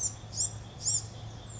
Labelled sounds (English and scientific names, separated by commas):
Blue-gray Gnatcatcher (Polioptila caerulea)